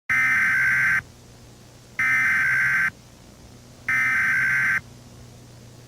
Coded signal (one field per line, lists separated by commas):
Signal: Emergency Alert System (SAME) tones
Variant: header bursts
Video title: The Trollge EAS (Emergency Alert System) Announcement